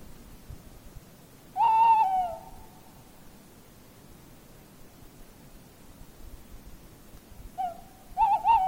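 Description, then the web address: Tawny owl hooting: one long hoot that fades away, a long silence, then a short note followed by a wavering hoot near the end. "linnut lehtopollo"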